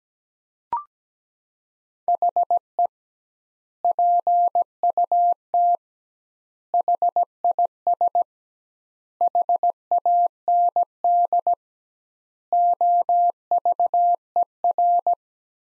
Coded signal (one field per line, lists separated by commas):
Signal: Morse code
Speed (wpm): 17 wpm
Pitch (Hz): 700 Hz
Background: none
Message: HE PUT HIS HAND OVER